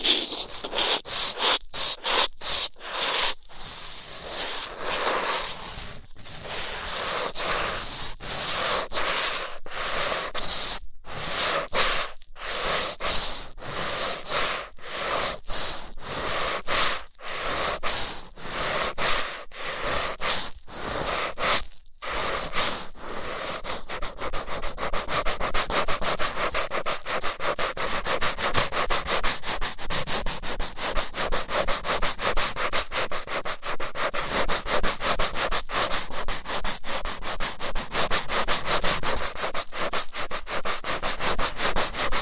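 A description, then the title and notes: Rough ear cleaning: a steady stream of scratchy, rubbing strokes with a hissy, crackling edge. The first twenty seconds are broken by frequent brief gaps as the rubbing stops and starts; after that the scraping runs denser, louder and almost unbroken to the end. ASMR Rough Ear Cleaning (No Talking).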